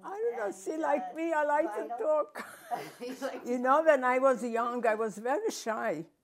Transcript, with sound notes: I don't know, see like me, I like to talk (laughing)
You like to talk.
You know when I was young I was very shy.